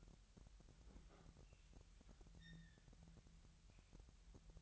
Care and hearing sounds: daily activity, microphone in the room; open fridge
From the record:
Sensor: 3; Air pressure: 1001.9 hPa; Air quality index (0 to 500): 246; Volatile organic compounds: 51 ppm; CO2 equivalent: 3307 ppm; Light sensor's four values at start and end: 12/36/16/13 and 12/36/16/13

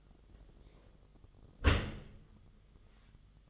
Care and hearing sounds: daily activity, microphone in the room; close dishwasher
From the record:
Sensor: 4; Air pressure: 1005.6 hPa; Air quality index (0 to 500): 113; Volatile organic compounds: 3 ppm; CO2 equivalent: 1405 ppm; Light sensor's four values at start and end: 11/25/10/10 and 12/26/10/10

